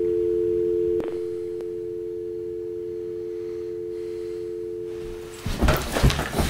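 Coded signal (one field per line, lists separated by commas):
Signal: telephone call progress tone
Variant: North America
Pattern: dial tone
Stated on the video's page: Telephone tone heard in a student short film.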